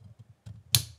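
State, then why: Seated. The second metal wing (pot support) of a Firebox gas burner's titanium diffuser is slid onto the burner pin. Low rubbing and shuffling sounds lead up to a single sharp, bright metallic click at 0.8 s that rings briefly. The wing clicks into place and is seated.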